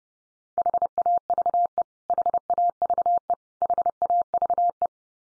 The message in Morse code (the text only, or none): HAVE HAVE HAVE